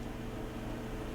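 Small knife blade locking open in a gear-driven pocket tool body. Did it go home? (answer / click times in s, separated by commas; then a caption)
no / none. The halves of a small magnetic, gear-driven Geardoz GearBug pocket tool are pulled apart so its small knife blade can catch and lock open. Only a steady, low broadband hum is heard, with no sharp sounds. Nothing has caught or clicked yet.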